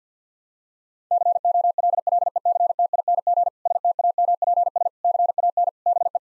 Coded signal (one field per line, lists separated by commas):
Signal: Morse code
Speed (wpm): 45 wpm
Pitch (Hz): 700 Hz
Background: none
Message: COLLECTING STAMPS CAN BE